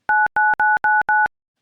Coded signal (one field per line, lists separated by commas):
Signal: DTMF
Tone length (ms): 200 ms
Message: 99999